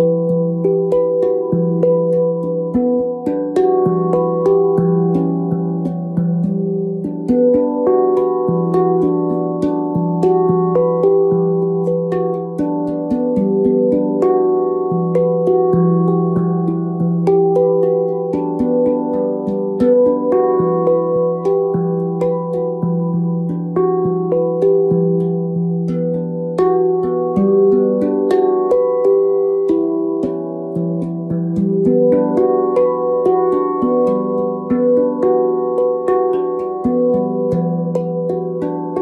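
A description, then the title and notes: A gong hums with a steady, dense wash of overlapping low and middle tones that swell and shift throughout, never fully decaying. Frequent soft strikes keep the resonance alive, with faint brighter shimmer above, and the overall level stays even. Waking Up to Jupiter Gong Vibration. Expertly played by Sound Alchemist Julie Jewels Smoot on her Jupiter Gong.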